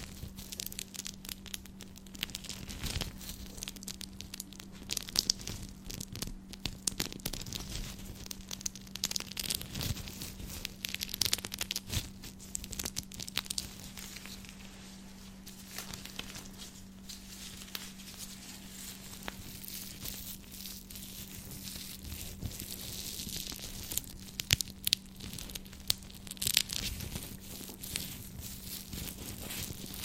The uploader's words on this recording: ASMR Scratching (With Gloves).